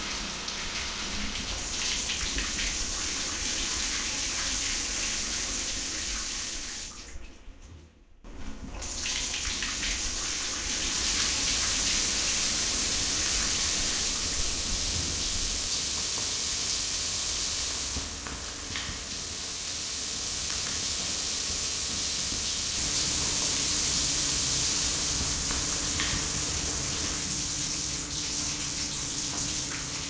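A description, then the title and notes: A shower runs with a steady, dense hiss of falling water that covers the lows and highs alike. Around eight seconds the spray drops out almost completely for a moment, then returns and carries on evenly, with slight swells near eighteen and twenty-seven seconds. Shower.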